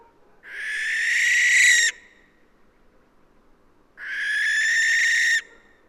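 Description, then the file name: Barn owl with two grating, hissy screams, each lasting about one and a half seconds and building in strength, separated by a short silence. "Schleiereule - Tyto alba"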